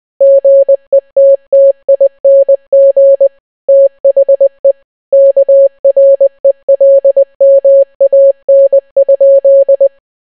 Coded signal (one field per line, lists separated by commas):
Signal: Morse code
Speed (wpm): 20 wpm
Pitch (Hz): 550 Hz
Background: none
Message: GETTING THE KRELMAN?